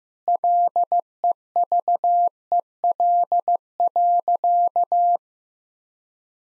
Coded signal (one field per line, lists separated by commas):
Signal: Morse code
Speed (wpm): 15 wpm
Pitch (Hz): 700 Hz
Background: none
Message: LEVEL.